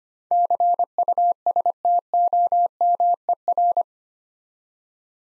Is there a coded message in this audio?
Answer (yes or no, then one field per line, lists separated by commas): yes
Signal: Morse code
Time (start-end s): 0.3-3.8 s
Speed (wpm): 25 wpm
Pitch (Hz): 700 Hz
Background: none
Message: CUSTOMER